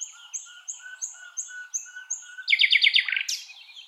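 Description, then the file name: Common nightingale song: a slow series of about seven evenly spaced whistled notes, then a sudden loud burst of rapid repeated notes ending in a sharp sweep. "Luscinia megarhynchos"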